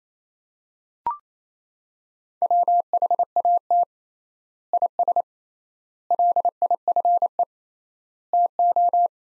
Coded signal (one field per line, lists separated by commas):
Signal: Morse code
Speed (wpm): 28 wpm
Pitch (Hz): 700 Hz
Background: none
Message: WHAT IS LIFE TO